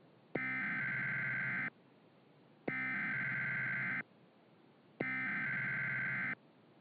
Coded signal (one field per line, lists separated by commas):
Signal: Emergency Alert System (SAME) tones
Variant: header bursts